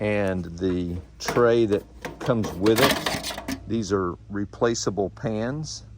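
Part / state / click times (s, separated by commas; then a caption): drip tray into portable grill / not seated / none. A replaceable metal drip pan is handled at the catch area under a portable grill while someone talks. Nothing has seated or clicked yet; the clip ends before the tray locks in place.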